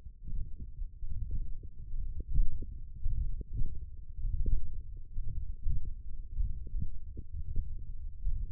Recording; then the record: forearm muscle sounds (acoustic myography)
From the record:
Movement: radial deviation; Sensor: system 1, eight BSWA MPA416 microphones around the upper forearm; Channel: 2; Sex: male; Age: 21 years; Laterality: right